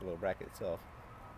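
On a 2009 Porsche 911 (997) Turbo, a small bracket on the tail light wiring is being slid in toward a mounting screw in the tail light area while someone talks. Only a low background hum fills the gaps between the words. The bracket has not seated or clicked into place yet.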